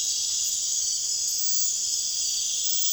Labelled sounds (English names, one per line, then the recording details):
none
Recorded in pastures near Puerto Asís, Putumayo, Colombia, on 30 June 2025 at 01:00
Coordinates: 0.502, -76.324
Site G010